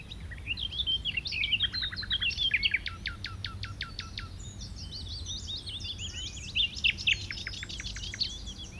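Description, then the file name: Common nightingale song of fluty twisting notes, then evenly spaced loud clicking strokes, followed by high, fast twittering, over a low steady rumble. "Luscinia megarhynchos"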